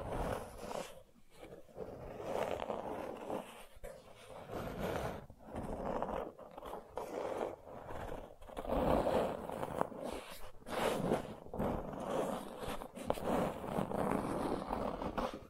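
Gentle scratching goes on almost without pause, a dry rasping texture strongest in the low and middle range with softer brightness above. The strokes come in uneven bursts, some short and some drawn out, with brief quiet gaps around two, four and six seconds.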